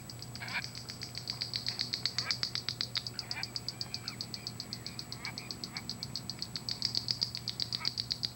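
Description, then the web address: Wren-like Rushbird song: a long, steady series of rapid, dry, high ticking notes, with faint chirps from other birds and a low steady hum behind. "cantos junquero"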